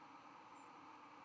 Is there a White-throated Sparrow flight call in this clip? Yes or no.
yes